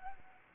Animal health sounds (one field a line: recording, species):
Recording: mosquito wingbeat signal from an infrared sensor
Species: Anopheles arabiensis